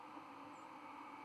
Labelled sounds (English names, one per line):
White-throated Sparrow flight call